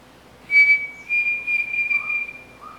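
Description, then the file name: Pavonine Cuckoo singing a clear opening whistle and then a longer tremulous one at nearly the same pitch, with faint lower sounds near the end. "canto do peixe frito pavonino"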